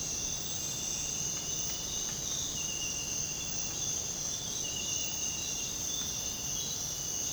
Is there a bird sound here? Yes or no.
no